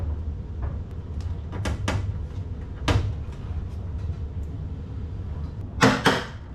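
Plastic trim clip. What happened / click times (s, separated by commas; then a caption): Plastic part snaps home with two clicks / 5.8 s, 6.1 s. While reassembling under the hood of a 1996 Mercedes SL500 R129, a plastic part, likely the hood release handle, is pressed into its mounting bracket. After some softer handling noises and a sharp knock at about 2.9 s, it snaps home with two crisp clicks at 5.8 s and 6.1 s. The part is seated.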